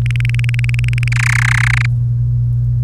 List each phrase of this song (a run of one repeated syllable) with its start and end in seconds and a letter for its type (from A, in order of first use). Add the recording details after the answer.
0.06-1.08 A, 1.12-1.86 B. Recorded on 1 May 2018 at 16:08. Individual llb3